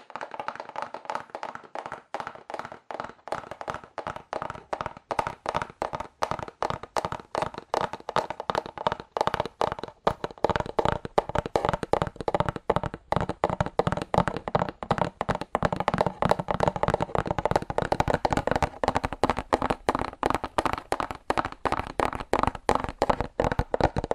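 Fast, aggressive tapping on cardboard, a rapid, continuous stream of sharp hollow taps that grows denser and louder after the first ten seconds.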